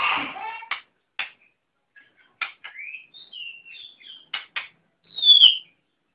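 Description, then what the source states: Oriental magpie-robin song, broken, with a harsh rasping burst, short sharp notes and scattered clear whistles separated by gaps, ending in a louder whistle. Magpie-robin chirping.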